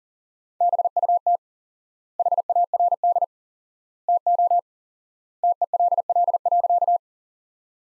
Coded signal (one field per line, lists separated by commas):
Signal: Morse code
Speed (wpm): 40 wpm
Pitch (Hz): 700 Hz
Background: none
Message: BUT HARD TO TELL.